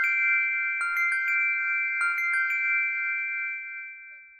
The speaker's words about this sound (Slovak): Čo to bolo? Zvonček. Zvonček kráľa škriatkov.